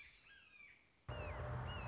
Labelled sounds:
Red-shouldered Hawk (Buteo lineatus)
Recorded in Sonoma County, California

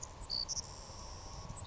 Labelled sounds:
Savannah Sparrow (Passerculus sandwichensis)
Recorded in Sonoma County, California

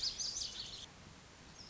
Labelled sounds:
Lazuli Bunting (Passerina amoena)
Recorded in Sonoma County, California

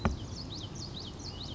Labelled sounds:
Common Yellowthroat (Geothlypis trichas)
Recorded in Sonoma County, California

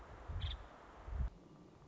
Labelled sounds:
Nuttall's Woodpecker (Dryobates nuttallii)
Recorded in Sonoma County, California

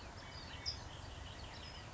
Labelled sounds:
California Towhee (Melozone crissalis)
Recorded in Sonoma County, California

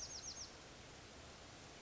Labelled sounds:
Bewick's Wren (Thryomanes bewickii)
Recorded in Sonoma County, California

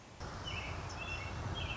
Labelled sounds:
American Robin (Turdus migratorius)
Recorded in Sonoma County, California

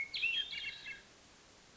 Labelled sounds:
Hermit Thrush (Catharus guttatus)
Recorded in Sonoma County, California

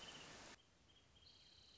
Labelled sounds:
Wrentit (Chamaea fasciata)
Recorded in Sonoma County, California

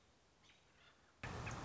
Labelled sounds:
American Robin (Turdus migratorius)
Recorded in Sonoma County, California

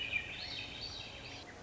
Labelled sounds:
Swainson's Thrush (Catharus ustulatus)
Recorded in Sonoma County, California

